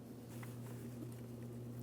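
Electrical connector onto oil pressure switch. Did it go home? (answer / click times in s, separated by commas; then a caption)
no / none. An electrical connector is brought to the oil pressure switch on a 2003-2008 Toyota Matrix 1.8L L4 and lined up before being pressed in. Only quiet handling noise sits over a steady low hum, with a brief faint tap at 0.4 s. Nothing has seated or clicked yet.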